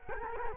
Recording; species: mosquito wingbeat signal from an infrared sensor; Culex quinquefasciatus